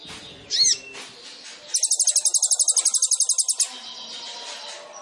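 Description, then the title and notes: Sunbird song: a loud sharp note, then a fast, very high buzzy trill of about twenty rapid notes lasting two seconds, with faint background chatter. Indonesian masteran training recording for songbirds, with the bird singing actively (gacor) and full of isian and tembakan song phrases; meant as a lure (pancingan). "MASTERAN KOLIBRI NINJA FULL ISIAN DAN TEMBAKAN COCOK BUAT PANCINGAN. Suara Burung Kolibri Ninja Gacor"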